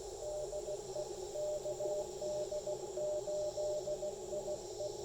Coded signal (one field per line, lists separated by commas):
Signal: Morse code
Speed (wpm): 17 wpm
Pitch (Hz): 600 Hz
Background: none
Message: DE KD8IE